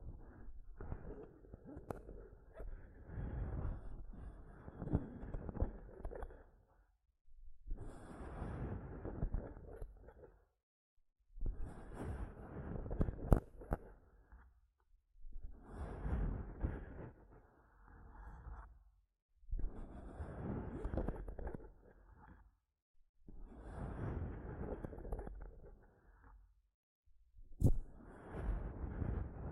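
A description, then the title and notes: Scratching and tapping on a microphone in rough bursts of a few seconds each, separated by short silences, with muffled low thumps throughout. ASMR Mic Tapping and Scratching (No Talking).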